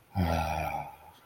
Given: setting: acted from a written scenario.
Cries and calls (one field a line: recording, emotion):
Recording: vocal sound without words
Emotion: serenity